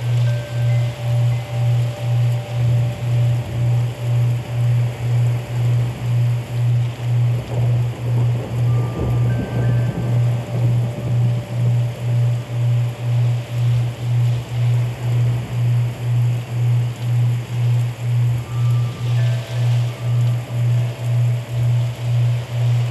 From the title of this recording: Rain and Thunder with Wind Chimes